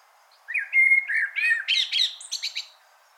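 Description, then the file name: Common blackbird singing one phrase, mellow whistled notes around mid pitch followed by a rapid, thin, high twittering flourish. "Turdus merula"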